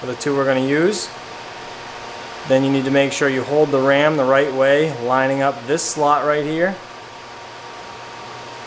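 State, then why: Not seated. A RAM module is held the right way for a motherboard memory slot, with its notch lined up with the slot key before pushing it in. Someone talks over a steady background hum. The stick has not seated or clicked yet.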